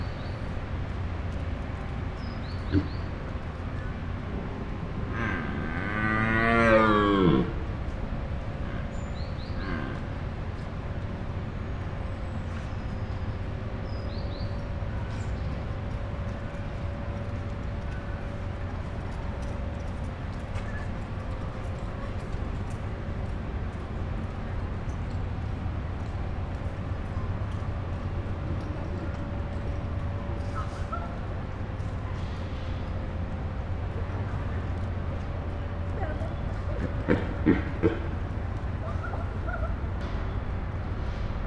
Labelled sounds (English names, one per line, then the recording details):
Red Deer roaring
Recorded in captivity
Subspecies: elaphus
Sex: male
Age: adult
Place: Tierpark Berlin, Berlin, DE
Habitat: zoo
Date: 2001-09-27 11:10
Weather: cloudy, 10°C
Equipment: Tascam DA-P1, Sennheiser MKH 70
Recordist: Frommolt, Karl-Heinz